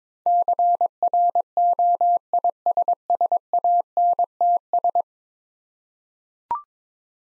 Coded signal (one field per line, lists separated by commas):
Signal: Morse code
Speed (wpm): 22 wpm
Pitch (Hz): 700 Hz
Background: none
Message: CROISSANTS